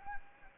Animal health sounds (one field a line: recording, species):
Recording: mosquito wingbeat signal from an infrared sensor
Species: Anopheles gambiae